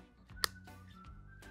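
A second green plastic clip is pressed into a robot kit body piece, sliding under the wires and pressed down, and it snaps in with one sharp, bright click at 0.4 s over a quiet, steady tonal background. The clip is seated.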